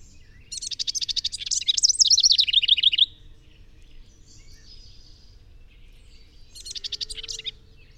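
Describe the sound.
Bird song, a high, fast jingling trill of rattling notes ending in a wavering twitter, then quiet before a shorter trill begins.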